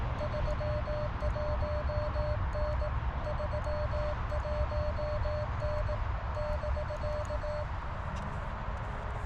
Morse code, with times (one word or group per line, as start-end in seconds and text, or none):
0.2-2.9 31N
3.3-6.0 31N
6.4-7.6 <BK>